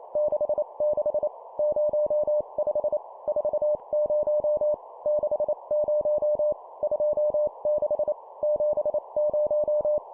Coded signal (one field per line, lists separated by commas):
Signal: Morse code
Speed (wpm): 28 wpm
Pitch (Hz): 600 Hz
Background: none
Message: 66 05 40 60 26 70